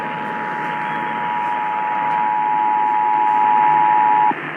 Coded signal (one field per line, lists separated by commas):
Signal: Emergency Alert System (SAME) tones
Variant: 853 and 960 Hz attention tone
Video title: EAS #141 - Required Monthly Test #14 (EOM FAIL!)